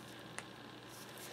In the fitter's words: listen for the little snap and there you go she's pretty much together